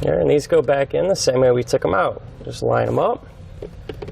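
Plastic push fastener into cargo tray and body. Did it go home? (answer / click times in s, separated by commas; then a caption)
no / none. Someone talks while plastic push fasteners are lined up over the cargo tray and body of a 2019 Subaru Ascent, to reattach the tray during a Curt T-Connector wiring harness installation. Faint, quick plastic taps and handling sounds follow near the end, around 3.6 to 4.2 seconds. Nothing has seated or snapped into place yet.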